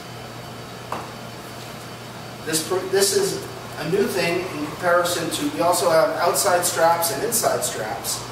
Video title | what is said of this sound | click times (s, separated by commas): SPI Demo | is flip the sides of them and they lock in place. | 0.9 s